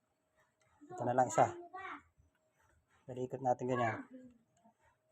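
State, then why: Not seated. A plastic CPU heatsink push pin, the last one, is turned in its motherboard mounting hole while someone talks in two short bursts with a quiet pause between them. Nothing has seated or clicked yet; the clip ends just before the pin is pressed home and locked.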